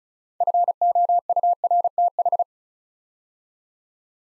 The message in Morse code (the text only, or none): FOURTH